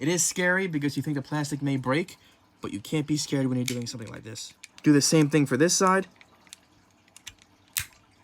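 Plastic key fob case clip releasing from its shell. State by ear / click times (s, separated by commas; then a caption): released / 7.8 s. Someone talks while a screwdriver pries up the second side of the plastic case of an old Jaguar XJL key fob, pivoting from the chrome trim to the corner. A few small clicks of prying from 6.5 s lead to a sharp pop at 7.8 s as the case clip releases and pops open.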